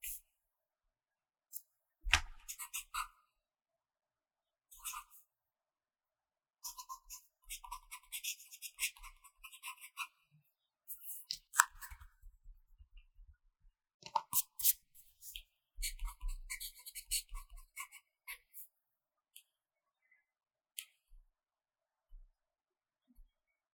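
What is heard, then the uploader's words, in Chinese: A pencil writes on paper in short bursts of scratchy, papery strokes, separated by brief silences. The strokes come in irregular clusters, busiest around 2–4, 7–10 and 14–18 seconds, with occasional soft taps and low bumps of the pencil against the surface. 寫字聊天 | 書寫聲 | Pencil Writing Sound for Relax | No Talking。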